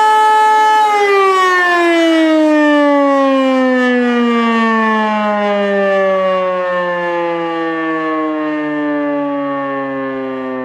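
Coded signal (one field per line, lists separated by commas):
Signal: siren signal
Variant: E57 electromechanical siren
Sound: loud wailing siren holding a steady pitch, then slowly winding down lower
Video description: Die Aufnahme entstand beim monatlichen Probealarm der Feuerwehrsirenen in Rheinbach am 13. Februar 2021 um 11.30 Uhr mit dem Signal "Feueralarm".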